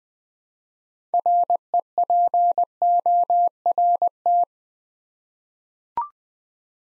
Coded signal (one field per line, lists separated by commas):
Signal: Morse code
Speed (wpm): 20 wpm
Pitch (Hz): 700 Hz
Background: none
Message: REPORT